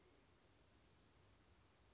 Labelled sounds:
Western Flycatcher (Empidonax difficilis)

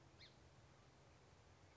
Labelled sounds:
Song Sparrow (Melospiza melodia)

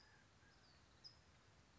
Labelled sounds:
California Towhee (Melozone crissalis)

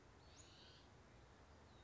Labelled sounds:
Western Flycatcher (Empidonax difficilis)

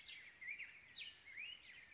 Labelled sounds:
Black-headed Grosbeak (Pheucticus melanocephalus)

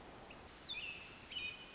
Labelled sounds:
American Robin (Turdus migratorius)

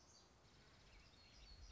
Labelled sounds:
Black-throated Gray Warbler (Setophaga nigrescens)

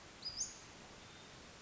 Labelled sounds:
Western Flycatcher (Empidonax difficilis)

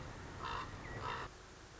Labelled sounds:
Common Raven (Corvus corax)

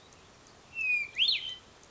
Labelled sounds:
Hermit Thrush (Catharus guttatus)

